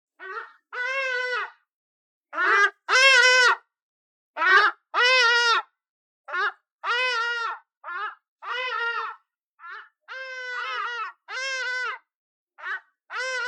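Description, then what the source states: Hadeda ibis giving loud, harsh, nasal honks in short bursts, several birds calling back and forth with irregular pauses. A group of birds calling.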